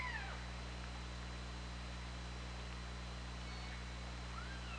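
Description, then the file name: Killer whale calls, a sliding harmonic whistle-like call falling at the start and another rising near the end, over a steady low underwater hum. Recorded by OrcaLab hydrophone on 24 August 2017. "Orca Lab UTLN JASON 20170824 202739"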